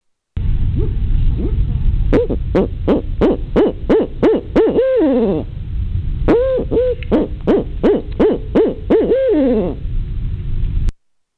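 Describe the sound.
Owl hooting calls, a fast series of short hoots around one pitch, some with rising-falling inflection, in two bursts separated by a brief pause, over low rumbling background noise.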